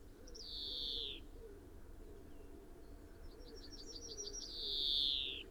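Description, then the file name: European greenfinch giving two drawn-out wheezing notes that slide downward, with a faint run of twittering notes between them. "Chloris chloris"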